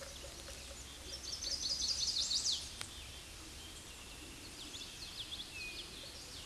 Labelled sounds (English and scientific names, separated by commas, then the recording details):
Chestnut-sided Warbler (Setophaga pensylvanica) song
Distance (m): 15 m
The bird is about 15 m above the microphone
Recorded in a Pennsylvania forest on 16 May 2024 at 08:26
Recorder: AudioMoth, point MSD-0178
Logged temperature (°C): 15.3 °C
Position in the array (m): 86 m, 63 m